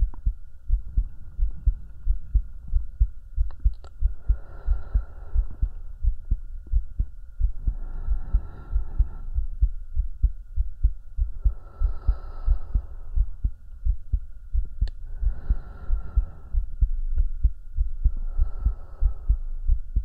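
Steady low heart thumps near 90 a minute, with soft breaths about 15 a minute over a faint hum, heard as if the listener's head is hugged against an adult's chest.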